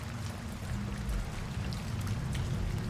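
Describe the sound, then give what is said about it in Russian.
Heavy rain pounds steadily against dusty window glass during a thunderstorm, a dense, continuous wash of sound with scattered sharper taps and a deep rumbling undertone, with no voices. “Дождь все не утихал, с новыми силами колотя по пыльным стеклам, а гром и молнии становились все чаще и чаще”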